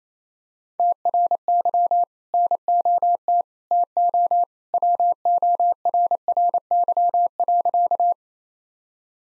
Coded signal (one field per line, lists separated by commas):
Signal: Morse code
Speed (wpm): 28 wpm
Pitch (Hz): 700 Hz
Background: none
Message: TRY NOT TO WORRY.